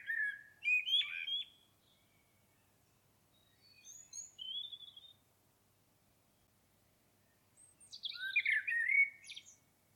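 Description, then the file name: Common blackbird delivering several phrases, each a short whistled warble with high, squeaky twittering, with quiet gaps between. "Turdus merula"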